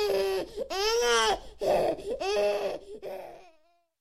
Baby Crying, Human.